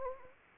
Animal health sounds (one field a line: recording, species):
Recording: mosquito wingbeat signal from an infrared sensor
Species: Anopheles arabiensis